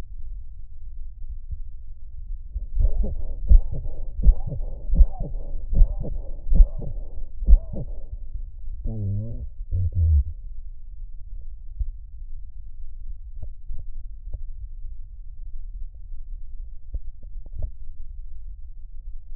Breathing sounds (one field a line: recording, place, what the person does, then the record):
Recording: lung sounds by stethoscope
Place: left anterior apical chest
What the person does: quiet breathing, then cough and speech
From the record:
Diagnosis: interstitial lung disease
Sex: male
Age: 65 years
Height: 161 cm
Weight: 74.6 kg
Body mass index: 28.8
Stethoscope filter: extended mode